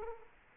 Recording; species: mosquito wingbeat signal from an infrared sensor; Culex quinquefasciatus